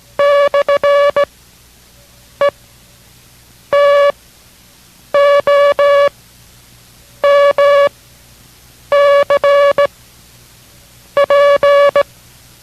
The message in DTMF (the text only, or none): none